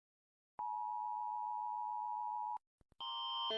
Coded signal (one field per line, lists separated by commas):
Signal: Emergency Alert System (SAME) tones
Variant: 853 and 960 Hz attention tone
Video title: rating EAS alarms (sound warning)